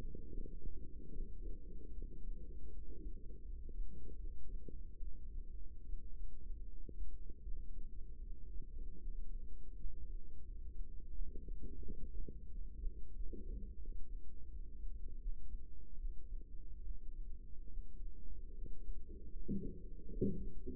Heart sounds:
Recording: heart sounds by microphone in the right ear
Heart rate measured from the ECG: 79 bpm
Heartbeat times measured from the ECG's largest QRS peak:
0.28 s: heartbeat
1.09 s: heartbeat
1.90 s: heartbeat
2.69 s: heartbeat
3.41 s: heartbeat
4.16 s: heartbeat
4.98 s: heartbeat
5.83 s: heartbeat
6.65 s: heartbeat
7.40 s: heartbeat
8.19 s: heartbeat
8.97 s: heartbeat
9.73 s: heartbeat
10.43 s: heartbeat
11.12 s: heartbeat
11.81 s: heartbeat
12.48 s: heartbeat
13.12 s: heartbeat
13.78 s: heartbeat
14.48 s: heartbeat
15.18 s: heartbeat
15.96 s: heartbeat
16.81 s: heartbeat
17.68 s: heartbeat
18.52 s: heartbeat
19.29 s: heartbeat
20.07 s: heartbeat
From the record:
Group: healthy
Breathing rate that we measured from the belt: 15 breaths a minute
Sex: female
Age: 24 years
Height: 163 cm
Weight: 55.7 kg

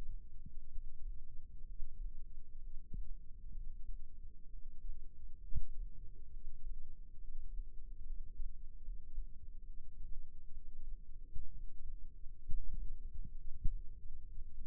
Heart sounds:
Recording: heart sounds by microphone in the left ear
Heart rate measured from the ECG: 66 bpm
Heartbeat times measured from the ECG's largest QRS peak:
0.72 s: heartbeat
1.67 s: heartbeat
2.61 s: heartbeat
3.55 s: heartbeat
4.50 s: heartbeat
5.45 s: heartbeat
6.32 s: heartbeat
7.20 s: heartbeat
8.06 s: heartbeat
8.84 s: heartbeat
9.66 s: heartbeat
10.53 s: heartbeat
11.53 s: heartbeat
12.45 s: heartbeat
13.36 s: heartbeat
14.32 s: heartbeat
From the record:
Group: healthy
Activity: rest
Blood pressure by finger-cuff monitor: 108/71 mmHg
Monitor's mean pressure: 84 mmHg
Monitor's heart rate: 65 bpm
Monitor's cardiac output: 5.7 L/min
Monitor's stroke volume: 86 mL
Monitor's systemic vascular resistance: 1080 dyn s/cm5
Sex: male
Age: 22 years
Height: 181 cm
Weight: 79 kg

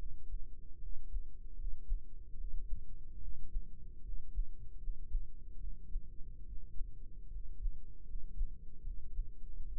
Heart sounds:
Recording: heart sounds by microphone in the right ear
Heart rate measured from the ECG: 75 bpm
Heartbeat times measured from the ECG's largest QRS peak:
0.79 s: heartbeat
1.55 s: heartbeat
2.35 s: heartbeat
3.19 s: heartbeat
4.01 s: heartbeat
4.77 s: heartbeat
5.58 s: heartbeat
6.43 s: heartbeat
7.28 s: heartbeat
8.03 s: heartbeat
8.81 s: heartbeat
9.63 s: heartbeat
From the record:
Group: healthy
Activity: cold pressor test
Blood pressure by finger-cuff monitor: 123/77 mmHg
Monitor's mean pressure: 92 mmHg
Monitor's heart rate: 72 bpm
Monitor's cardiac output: 5.5 L/min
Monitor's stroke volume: 74 mL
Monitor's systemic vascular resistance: 1220 dyn s/cm5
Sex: male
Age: 20 years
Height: 167 cm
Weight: 61 kg

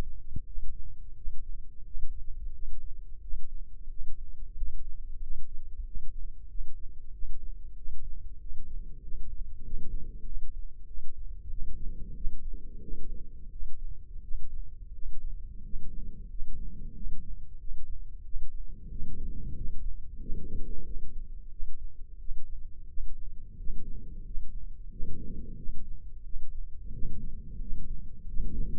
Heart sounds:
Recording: heart sounds by microphone in the left ear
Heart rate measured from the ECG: 91 bpm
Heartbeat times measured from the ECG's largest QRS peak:
0.46 s: heartbeat
1.15 s: heartbeat
1.84 s: heartbeat
2.52 s: heartbeat
3.21 s: heartbeat
3.89 s: heartbeat
4.55 s: heartbeat
5.20 s: heartbeat
5.85 s: heartbeat
6.48 s: heartbeat
7.12 s: heartbeat
7.76 s: heartbeat
8.39 s: heartbeat
9.02 s: heartbeat
9.63 s: heartbeat
10.25 s: heartbeat
10.86 s: heartbeat
11.49 s: heartbeat
12.14 s: heartbeat
12.81 s: heartbeat
13.50 s: heartbeat
14.22 s: heartbeat
14.93 s: heartbeat
15.63 s: heartbeat
16.28 s: heartbeat
16.93 s: heartbeat
17.58 s: heartbeat
18.23 s: heartbeat
18.89 s: heartbeat
19.55 s: heartbeat
20.19 s: heartbeat
20.84 s: heartbeat
21.50 s: heartbeat
22.18 s: heartbeat
22.87 s: heartbeat
23.57 s: heartbeat
24.24 s: heartbeat
24.90 s: heartbeat
25.56 s: heartbeat
26.23 s: heartbeat
26.92 s: heartbeat
27.59 s: heartbeat
28.26 s: heartbeat
From the record:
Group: healthy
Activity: rest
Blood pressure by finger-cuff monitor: 116/62 mmHg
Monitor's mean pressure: 80 mmHg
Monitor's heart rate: 91 bpm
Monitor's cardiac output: 9.8 L/min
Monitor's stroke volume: 109 mL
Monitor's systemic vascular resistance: 580 dyn s/cm5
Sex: male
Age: 24 years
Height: 184 cm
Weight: 89 kg

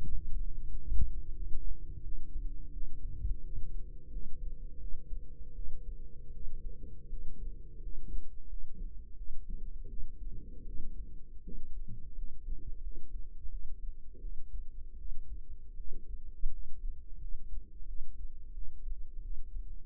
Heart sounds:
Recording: heart sounds by microphone in the right ear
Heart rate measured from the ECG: 84 bpm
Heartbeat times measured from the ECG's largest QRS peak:
0.03 s: heartbeat
0.68 s: heartbeat
1.35 s: heartbeat
2.02 s: heartbeat
2.72 s: heartbeat
3.43 s: heartbeat
4.10 s: heartbeat
4.79 s: heartbeat
5.54 s: heartbeat
6.32 s: heartbeat
7.09 s: heartbeat
7.81 s: heartbeat
8.48 s: heartbeat
9.16 s: heartbeat
9.88 s: heartbeat
10.65 s: heartbeat
11.43 s: heartbeat
12.14 s: heartbeat
12.82 s: heartbeat
13.50 s: heartbeat
14.20 s: heartbeat
14.97 s: heartbeat
15.76 s: heartbeat
16.51 s: heartbeat
17.19 s: heartbeat
17.86 s: heartbeat
18.53 s: heartbeat
19.21 s: heartbeat
From the record:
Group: healthy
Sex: female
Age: 22 years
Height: 161 cm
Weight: 65.5 kg

